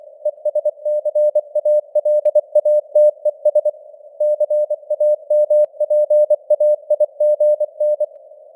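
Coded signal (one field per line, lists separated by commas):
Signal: Morse code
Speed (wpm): 24 wpm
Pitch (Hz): 600 Hz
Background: none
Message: ESCALATES CAMPAIGN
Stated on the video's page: News headlines in Morse at 24 wpm with simulated radio noise and QSB fading.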